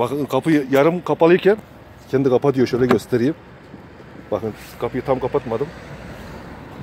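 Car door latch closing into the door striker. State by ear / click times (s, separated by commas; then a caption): not seated / none. A car door on a BMW 7 40 is left half closed so its soft-close latch can pull it shut into the door striker. Someone talks in bursts over faint background noise. Nothing has seated or clicked yet.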